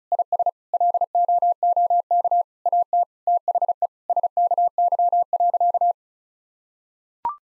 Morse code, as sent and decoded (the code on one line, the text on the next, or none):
.. ... / .-.. --- --- -.- / .- - / - .... . / ... -.- -.-- .-.-.-
IS LOOK AT THE SKY.